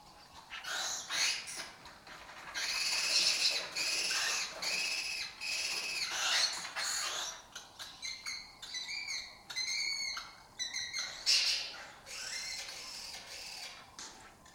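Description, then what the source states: Lesser kestrels chattering continuously, many harsh, rasping high notes overlapping in quick irregular bursts from several birds at once. Breeding colony occupying an abandoned building or house complex in Doñana, southern Europe; migratory, foraging in West Africa and breeding in southern Europe.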